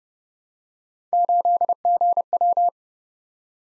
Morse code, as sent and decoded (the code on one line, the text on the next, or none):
---.. --. .--
8GW